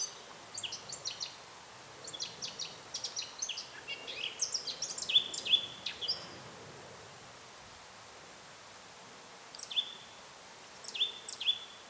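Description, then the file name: Eurasian blackcap delivering a long, jumbled warble of sharp high notes and whistled slurs, pausing, then two shorter bursts toward the end. "Sylvia atricapilla"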